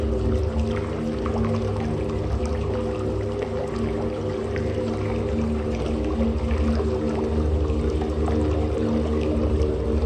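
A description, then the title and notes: Water sounds wash steadily underneath a sustained, unchanging low drone made of several stacked hum tones. Small bubbling and trickling details flicker through the brighter range at irregular moments, while the overall level stays constant for the full ten seconds. Under the Ocean - Solfeggio Frequency 639Hz. Water and nature sounds.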